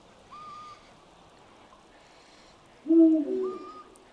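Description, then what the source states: Eurasian eagle owl deep hoot: one loud low note followed by a softer second note, with thin higher notes before and near the end. Perched on bare branches near midnight on a frosty, full-moon winter solstice night; loud, insistent hooting that carries far, actually a territorial song.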